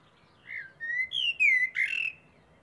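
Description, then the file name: Eurasian blackbird song phrase: mellow fluted warbling notes sliding up and down, finished with a burst of thin, high twittering. "Turdus merula"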